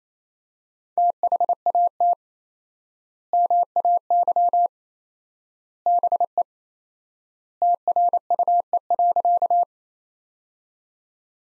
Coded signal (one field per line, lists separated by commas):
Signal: Morse code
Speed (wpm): 27 wpm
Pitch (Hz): 700 Hz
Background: none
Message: THAT MAY BE TRUE.